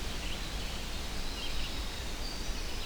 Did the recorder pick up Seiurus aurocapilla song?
no